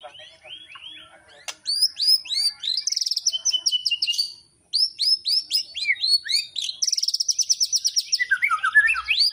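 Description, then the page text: White-rumped shama singing canary-like phrases: fast series of high, upward-slurred chirps and bright rolling trills, repeated in quick bursts with one brief pause. Song imitating a canary; described with the term 'nembak kenari' for copying canary phrases. "Murai Batu Nembak Kenari"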